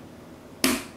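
A second 4 GB DDR3 memory stick is pushed into DIMM socket three on an EVGA Classified SR-2 motherboard, and its other end is pressed down. After quiet, a single sharp click rings out at 0.6 s as the slot clip snaps shut on the second side. The module is seated.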